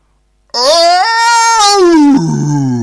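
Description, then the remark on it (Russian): A loud, drawn-out cat yowl lasting over two seconds, its high wavering cry rising slightly, holding, then dropping into a lower, rougher moan at the end. “Это был самый жуткий кошачий крик на свете.”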